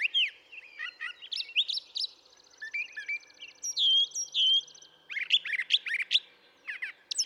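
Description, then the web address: Brown thrasher song: a varied string of short phrases, some clear slurred whistles, some buzzy or harsh, with a long trilled buzz running through the middle. "birdsongforthecurious Brown Thrasher"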